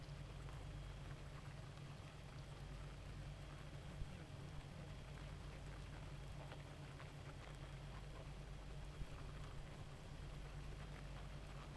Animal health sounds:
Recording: honeybee colony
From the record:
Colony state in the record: active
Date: 28 July 2017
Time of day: 0:50

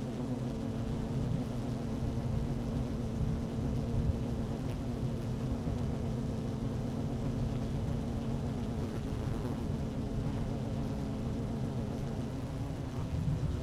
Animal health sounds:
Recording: honeybee colony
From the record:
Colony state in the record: active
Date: 12 June 2018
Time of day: 12:17

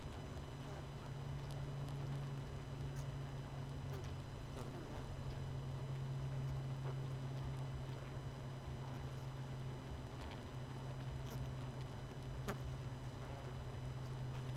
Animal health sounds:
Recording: honeybee colony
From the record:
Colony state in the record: missing queen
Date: 31 May 2018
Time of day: 19:50

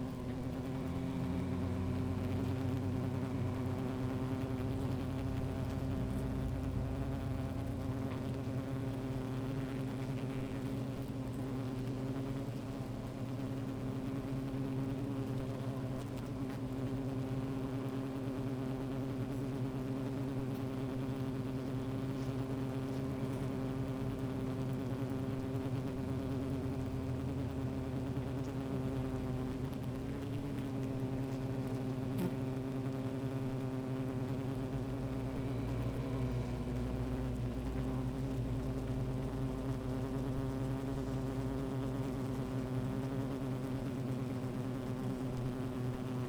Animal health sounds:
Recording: honeybee colony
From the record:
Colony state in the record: active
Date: 28 July 2017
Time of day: 13:58

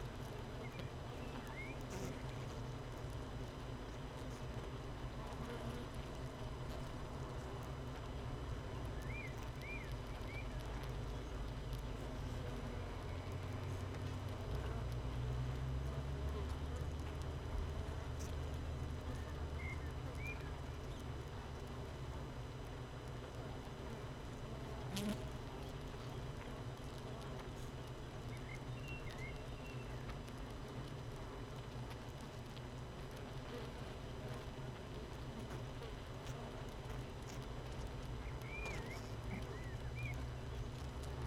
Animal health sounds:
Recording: honeybee colony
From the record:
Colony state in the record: missing queen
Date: 31 May 2018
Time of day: 7:22

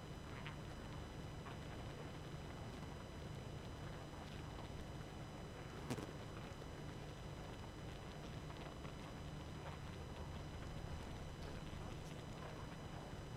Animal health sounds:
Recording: honeybee colony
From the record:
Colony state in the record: active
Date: 12 June 2018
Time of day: 23:04

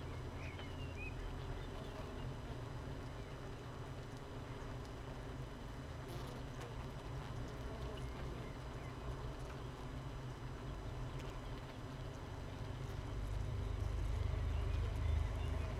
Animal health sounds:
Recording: honeybee colony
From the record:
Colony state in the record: missing queen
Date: 31 May 2018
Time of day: 6:46

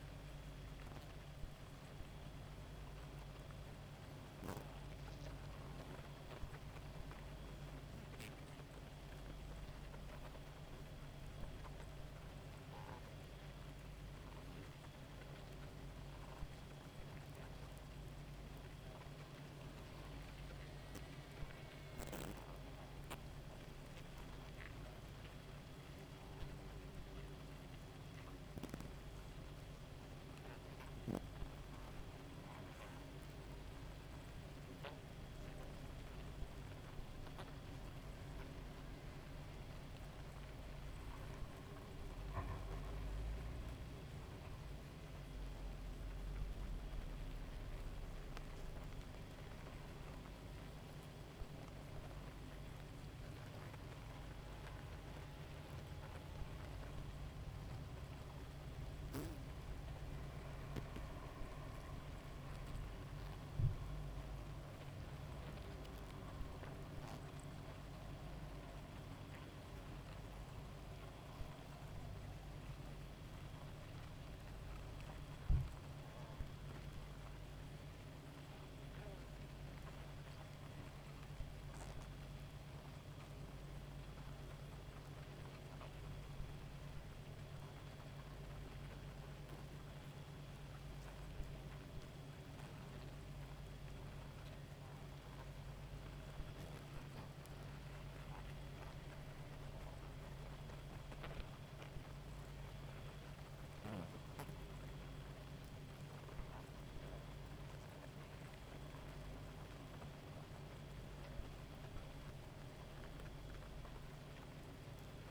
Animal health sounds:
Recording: honeybee colony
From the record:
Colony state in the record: active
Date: 28 July 2017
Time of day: 1:45

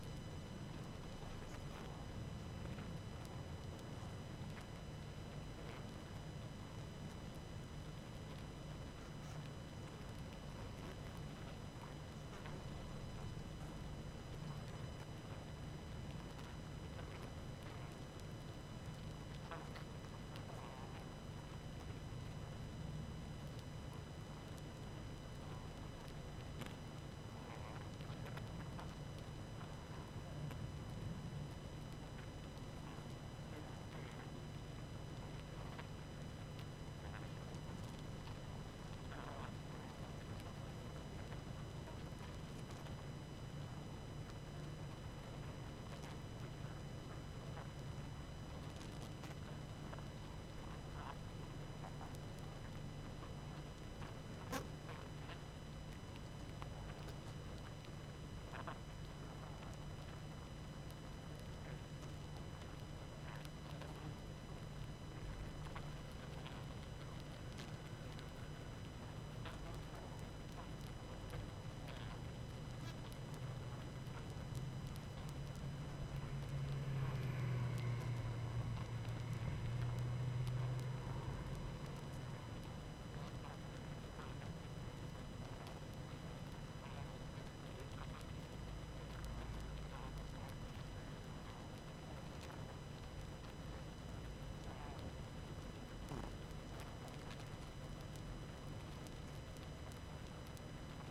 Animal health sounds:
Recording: honeybee colony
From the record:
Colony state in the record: active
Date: 12 June 2018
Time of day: 20:10

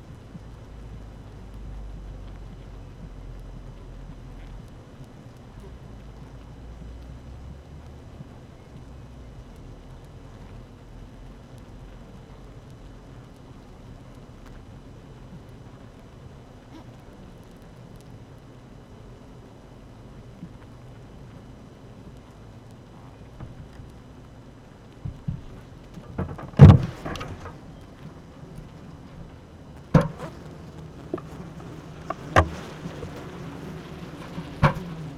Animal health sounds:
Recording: honeybee colony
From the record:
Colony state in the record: active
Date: 12 June 2018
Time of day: 7:47

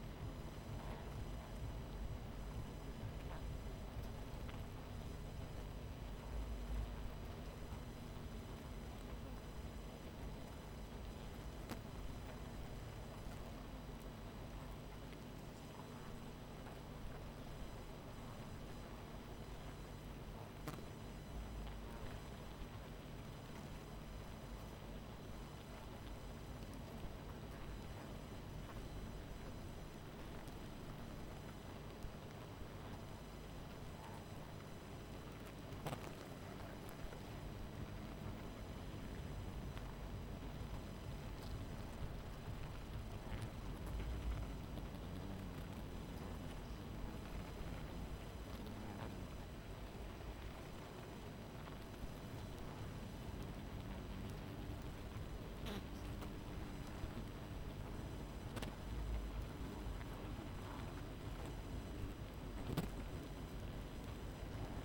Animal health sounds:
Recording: honeybee colony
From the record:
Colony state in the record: missing queen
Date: 14 July 2017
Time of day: 23:46

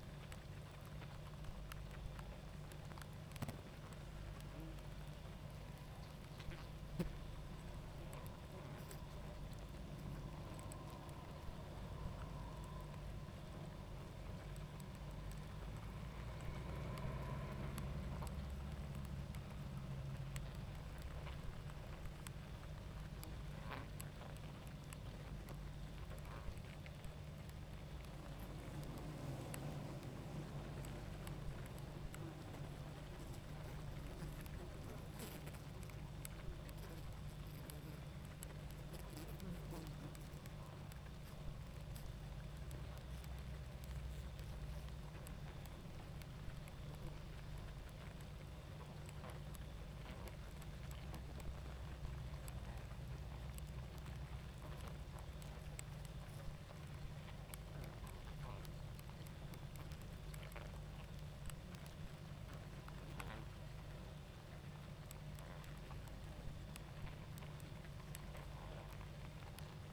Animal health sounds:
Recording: honeybee colony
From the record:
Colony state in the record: active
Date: 28 July 2017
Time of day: 21:02

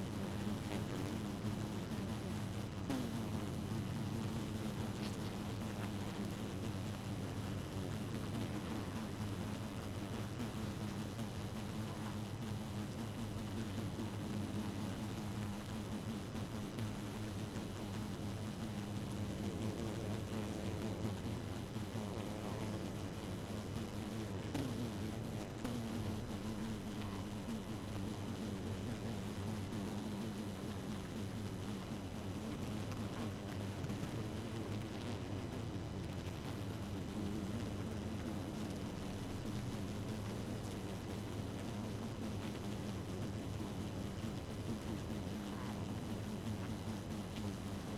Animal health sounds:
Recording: honeybee colony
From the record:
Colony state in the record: active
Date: 12 June 2018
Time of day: 1:23

